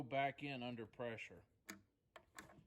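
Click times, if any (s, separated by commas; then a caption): 2.2 s. Someone talks, then an air hose quick-connect plug is pushed into the metal coupler on a Milwaukee air compressor with no pressure in the line. It snaps in with a sharp click at 2.2 seconds, and the plug is seated.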